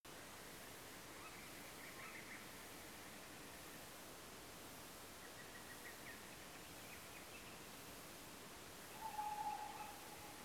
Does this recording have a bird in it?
yes